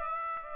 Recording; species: mosquito wingbeat signal from an infrared sensor; Aedes aegypti